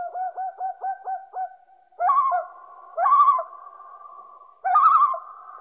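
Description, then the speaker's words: Loon calling, a quick quavering tremolo of several notes, then three long, eerie wailing notes that rise and hold steady. Played at the end of the programme; the voice is often used in films as an eerie background sound at night. "A nur brzmi, proszę państwa, właśnie tak."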